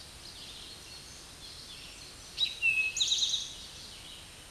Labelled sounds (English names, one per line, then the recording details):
Eastern Towhee song
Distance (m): 15 m
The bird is about 10 m above the microphone
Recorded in a Pennsylvania forest on 16 May 2024 at 07:17
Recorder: AudioMoth, point MSD-2058
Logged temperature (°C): 11.8 °C
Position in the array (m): 66 m, 9 m